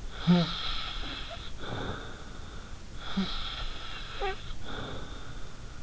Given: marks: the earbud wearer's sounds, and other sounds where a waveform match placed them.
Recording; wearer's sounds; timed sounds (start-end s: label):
sounds in sleep by an in-ear microphone; snoring breath
0.13-2.58 s: snoring breath
2.97-5.54 s: snoring breath